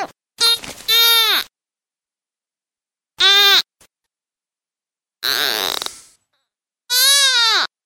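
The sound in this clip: Deer fawn giving repeated distress bleats, nasal and wavering, roughly every two seconds, including one raspy, noisy cry among clearer falling ones.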